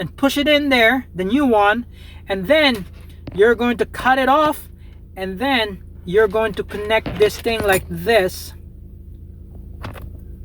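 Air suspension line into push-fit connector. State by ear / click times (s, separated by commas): seated / 9.9 s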